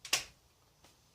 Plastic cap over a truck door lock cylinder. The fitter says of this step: Take your cap, it should snap right back on.